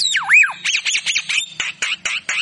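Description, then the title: Javan myna song opening with a looping whistled note, followed by a string of harsh, buzzy squawks in quick succession. Javan myna singing actively (gacor), in a recording used for training and luring songbirds. "Masteran & Pancingan Kicauan Jalak Kebo Gacor Istimewa isian Murai Cucak Ijo Lovebird"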